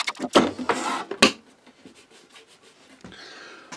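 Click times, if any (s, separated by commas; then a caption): 1.2 s. A wooden door on a small wooden corner cabinet is closed onto a magnetic catch that has just been screwed on. After a few light knocks, the door is pulled onto the magnet with a sharp knock at 1.2 s, and it is held and snapped into place.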